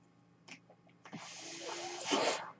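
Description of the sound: A rushing, airy hiss with a faint steady tone builds and then cuts off: a home ventilator delivering one breath.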